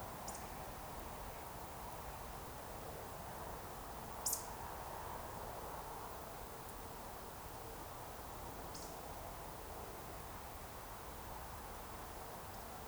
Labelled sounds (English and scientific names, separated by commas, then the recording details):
Eurasian Woodcock (Scolopax rusticola) whistle
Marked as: whistle, whistle, whistle, whistle
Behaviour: display flight
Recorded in Baden-Württemberg, Germany, on 13 June 2020 at 20:14 UTC
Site 43791, 788 m above sea level